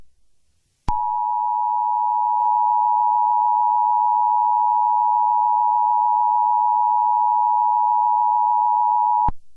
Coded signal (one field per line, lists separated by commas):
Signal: Emergency Alert System (SAME) tones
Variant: 853 and 960 Hz attention tone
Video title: EAS Scenario - Red Portal